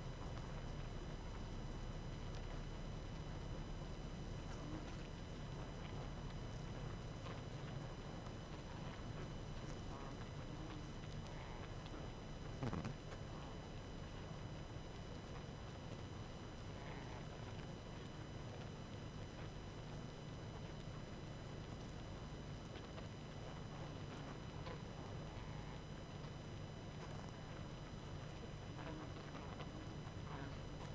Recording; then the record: honeybee colony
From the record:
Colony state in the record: active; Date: 12 June 2018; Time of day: 20:46